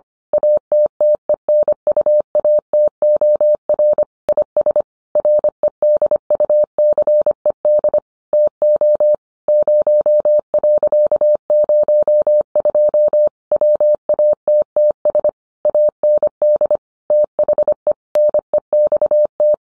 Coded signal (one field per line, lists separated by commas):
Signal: Morse code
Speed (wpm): 25 wpm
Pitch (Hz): 600 Hz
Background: none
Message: ATTENUATOR IS REDUCED TO 0.02 WATTS AND THE NEXT